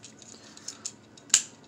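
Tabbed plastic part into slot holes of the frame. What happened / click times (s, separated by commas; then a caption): The tabbed plastic part snapped into its slots / 1.3 s. A tabbed plastic panel is pushed so its tabs go into the slot holes on both sides of the frame. A few faint ticks and small scrapes come first, then one loud, sharp click at 1.3 s as the part seats into the slots.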